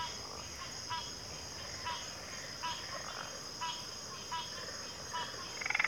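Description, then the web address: Cricket: steady high trilling of a cricket chorus, joined by soft intermittent chirps at fairly regular intervals. Cricket chorus recorded at a backwater. "WLL Grade 1-12 Pre-Uni Library Enter Natures Songs Sleep Sounds of Nature CRICKETS 03 Backwater Chorus"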